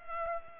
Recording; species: mosquito wingbeat signal from an infrared sensor; Culex pipiens